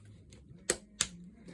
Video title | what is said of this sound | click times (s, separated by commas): How to open a chromebook | here you click and it pops up and do the second one | 0.7 s, 1.0 s